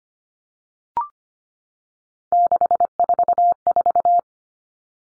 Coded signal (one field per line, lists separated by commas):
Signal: Morse code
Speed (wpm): 25 wpm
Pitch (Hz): 700 Hz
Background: none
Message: 644